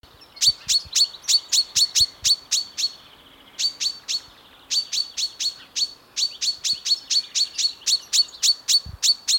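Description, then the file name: Common chaffinch giving bright, clipped call notes in quick runs of several, with a couple of longer gaps before the series resumes. "Fringilla coelebs"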